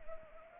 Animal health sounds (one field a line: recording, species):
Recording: mosquito wingbeat signal from an infrared sensor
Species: Anopheles arabiensis